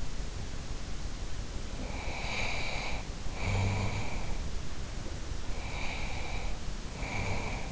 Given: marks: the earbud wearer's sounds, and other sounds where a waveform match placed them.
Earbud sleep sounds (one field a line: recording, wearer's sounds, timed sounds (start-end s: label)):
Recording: sounds in sleep by an in-ear microphone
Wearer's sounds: snoring breath, breath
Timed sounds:
1.63-4.49 s: snoring breath
5.09-7.72 s: breath